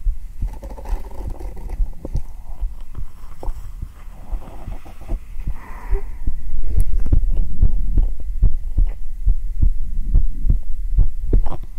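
Steady low lub-dub thumps at about 85 beats a minute, with soft rustling early on; a calming, normal heartbeat heard on bare skin through a black 3Dio binaural microphone.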